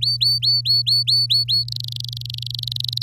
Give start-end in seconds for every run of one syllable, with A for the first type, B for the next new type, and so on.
0.01-1.64 A, 1.68-3.02 B